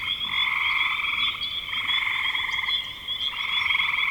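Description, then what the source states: Frog chorus of buzzy pulsed trills, several callers overlapping, with brief lulls between bursts and a steady high tone behind. Recorded in spring 2025.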